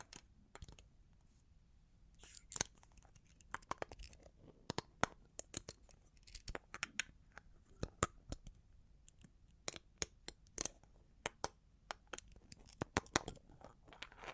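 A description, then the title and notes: Long claws tap and scratch in an uneven stream of sharp, bright clicks, some in quick clusters and others spaced apart, running through all fourteen seconds. A few louder taps stand out near the start and end, over a faint low rumble. Long Claws Tapping and Scratching (No Talking).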